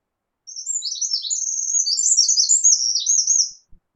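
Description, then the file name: Eurasian wren song: a loud, rapid three-second outpouring of high, tinkling notes and fast buzzy trills, delivered in one continuous burst. "Troglodytes troglodytes"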